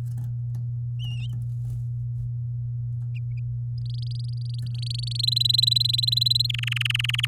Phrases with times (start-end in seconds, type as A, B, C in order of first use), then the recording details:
3.78-5.21 A, 5.23-6.47 B, 6.49-7.26 C. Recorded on 8 May 2018 at 06:26. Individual llb16